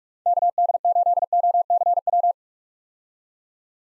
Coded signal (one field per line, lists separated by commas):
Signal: Morse code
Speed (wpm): 41 wpm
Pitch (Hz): 700 Hz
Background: none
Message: KD8OCW